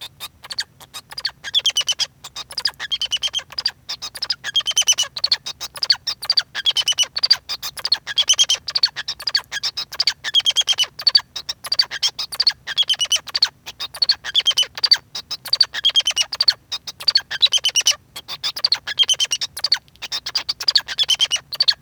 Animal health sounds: song of a male Bengalese finch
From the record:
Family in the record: son of father 2

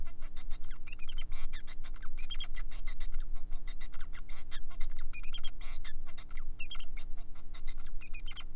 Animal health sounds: song of a male Bengalese finch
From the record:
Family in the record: son of father 4

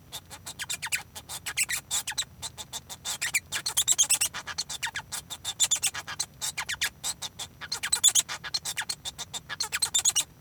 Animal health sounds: song of a male Bengalese finch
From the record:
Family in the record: son of father 1

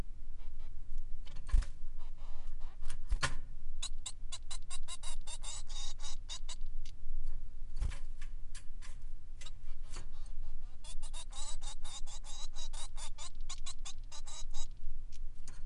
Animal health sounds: song of a male Bengalese finch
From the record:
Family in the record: son of father 3

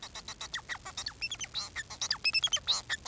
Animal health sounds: song of a male Bengalese finch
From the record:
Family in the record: son of father 4

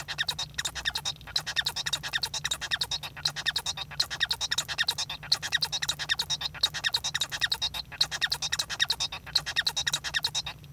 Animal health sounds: song of a male Bengalese finch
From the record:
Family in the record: son of father 1

